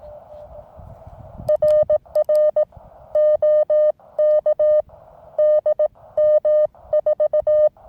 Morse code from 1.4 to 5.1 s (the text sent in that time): RR OK